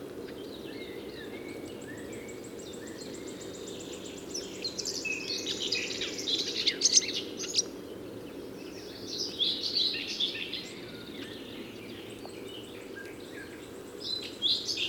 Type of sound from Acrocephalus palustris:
song